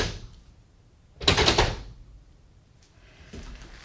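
door being shut

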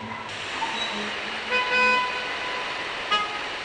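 car horns honking

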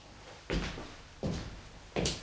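door opening

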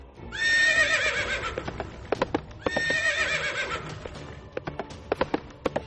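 horses galloping and neighing

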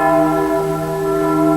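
church bells ringing

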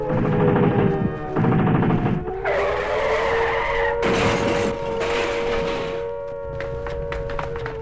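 gunfire

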